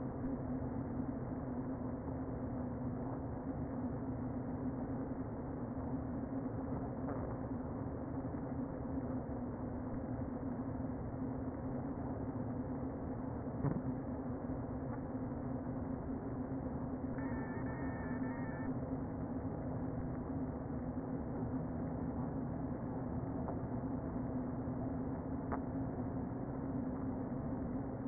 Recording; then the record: honeybee colony, microphone inside the hive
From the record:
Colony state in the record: queen present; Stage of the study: before two queens were removed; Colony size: about 60,000 bees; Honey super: yes